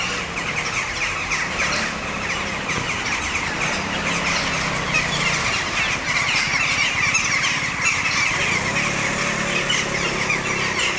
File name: 2020 10 20 selcuk starlings in trees